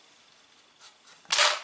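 On a Tokyo Marui Kel-Tec KSG-12 airsoft gas shotgun, the release part is pressed, and a shell cartridge ejects from the magazine tube with one sharp snap at 1.3 s. Two faint soft sounds come just before, around 0.8 s and 1.1 s. The cartridge is released.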